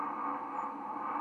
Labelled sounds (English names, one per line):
White-throated Sparrow flight call